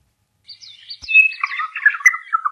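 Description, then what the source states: Regent honeyeater song: a rapid run of squeaky, warbling chirps sliding between high and middle pitch, dropping into lower gurgling notes toward the end; a faint click about a second in. Very rare bird; males sing in trees to attract a mate, roughly every sixth male has no female, so the song often goes unanswered.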